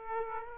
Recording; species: mosquito wingbeat signal from an infrared sensor; Aedes aegypti